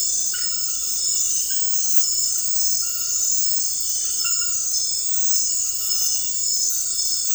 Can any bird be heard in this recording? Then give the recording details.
no. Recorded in dense forest near Puerto Asís, Putumayo, Colombia, on 18 February 2024 at 00:30. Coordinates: 0.484, -76.317. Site G6464